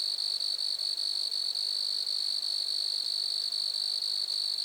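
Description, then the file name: Grasshopper buzzing: a constant, shrill, fast-pulsed trill that holds one pitch from start to finish. Grasshoppers recorded at Lac-à-François, Montcerf-Lytton, Quebec, Canada. "criquets-grasshoppers- -lac-acc 80-franccca 7 ois-montcerf-lytton-quecc 81 bec-canada"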